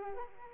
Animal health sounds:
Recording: mosquito wingbeat signal from an infrared sensor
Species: Culex quinquefasciatus

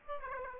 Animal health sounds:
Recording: mosquito wingbeat signal from an infrared sensor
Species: Aedes aegypti

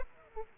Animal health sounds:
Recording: mosquito wingbeat signal from an infrared sensor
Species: Aedes aegypti

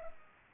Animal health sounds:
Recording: mosquito wingbeat signal from an infrared sensor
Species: Culex pipiens

